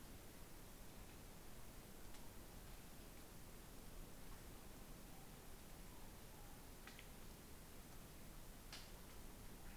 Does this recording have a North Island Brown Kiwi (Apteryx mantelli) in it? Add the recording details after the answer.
no. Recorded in New Zealand on 16 November 2013. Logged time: 22:29. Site BS16